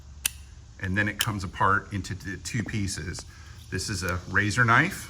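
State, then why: Released. The reamer on a tire puncture repair tool is raised, giving a sharp tick at 0.3 s as it unlocks so the tool can come apart into two pieces. Someone talks for the rest of the clip.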